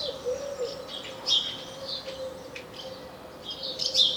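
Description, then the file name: House sparrow giving several short bright chirps, small bursts near 1.3 s and near the end, over a steady low hum. "Passer domesticus"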